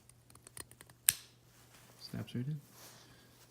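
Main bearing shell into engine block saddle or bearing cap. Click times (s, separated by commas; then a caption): 1.1 s. A steel-backed main bearing shell for a Mk4 VR6 engine is pressed into its saddle in the engine block or bearing cap, with the locating tab lined up in the notch. After a few faint ticks, it seats with a sharp metallic click at 1.1 s. Someone then talks.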